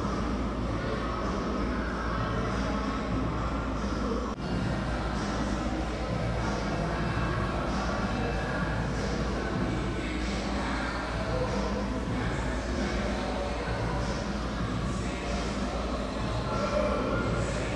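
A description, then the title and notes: Mall ambience: a steady, dense wash of low rumble and crowd murmur runs the whole time with little change in level. Faint talking drifts through, with brief brighter snippets scattered across it, and a short dip near four seconds. ASMR Mall Ambience (faint talking and music).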